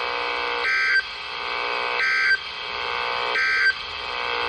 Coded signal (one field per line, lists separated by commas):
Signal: Emergency Alert System (SAME) tones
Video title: Western Texas Severe Weather Alerts 5/30 & 5/31/21 (EAS #726-742)